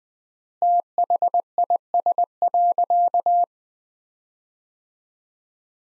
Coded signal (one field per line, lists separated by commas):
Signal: Morse code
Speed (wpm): 21 wpm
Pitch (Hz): 700 Hz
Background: none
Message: THIS.